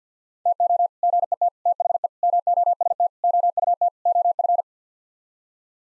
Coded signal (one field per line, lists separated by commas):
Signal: Morse code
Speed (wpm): 50 wpm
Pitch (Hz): 700 Hz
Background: none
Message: TO GET THE MOST OUT OF